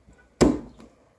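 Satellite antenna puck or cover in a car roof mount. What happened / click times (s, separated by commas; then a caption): The plastic cover snapped into place / 0.4 s. A satellite antenna puck is pushed down into its roof mount on a 2012 Altima and snaps into place with one sharp click at 0.4 s. A faint tick follows at about 0.8 s. The part is seated.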